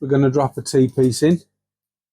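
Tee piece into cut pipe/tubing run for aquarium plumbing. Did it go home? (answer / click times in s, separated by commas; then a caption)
no / none. A tee fitting is being handled before going into a cut pipe run for aquarium plumbing, where it is meant to push in and lock in place. Someone talks throughout, and no other sounds are heard. The part has not been pushed home yet, so nothing has seated or clicked.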